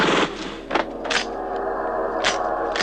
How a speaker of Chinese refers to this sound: 原来此时任东已经在诗浪招待所了，仇人相见，分外眼红，顿时枪声大作，爆炸迭起。